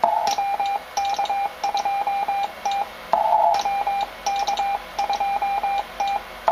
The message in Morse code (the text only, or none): WK2T WK2T